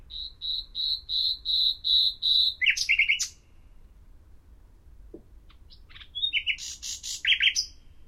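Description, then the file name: Common nightingale song beginning with a series of loud, evenly spaced piping notes, then a harsh rapid burst; after a quiet gap, a complex chattering phrase. "Luscinia megarhynchos"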